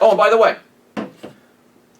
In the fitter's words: can handle a load of weight so let's put this back in here and you'll hear a very audible click